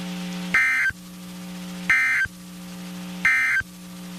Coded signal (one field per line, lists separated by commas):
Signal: Emergency Alert System (SAME) tones